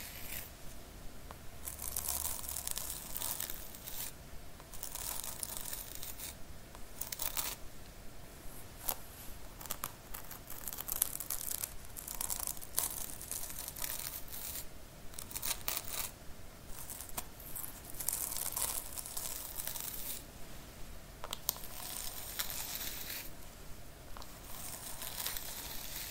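Scalp scratching and brushing in an ASMR session: soft, crinkly rasps come in irregular bursts, dense and bright at the top, with quieter gaps between strokes. The rustling continues without a break for the whole stretch, with a faint low hum underneath.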